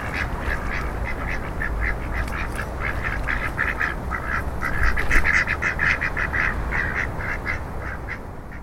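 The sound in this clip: Ducks giving rapid nasal quacks in a dense, continuous series, briefly louder midway, with a low rumble underneath.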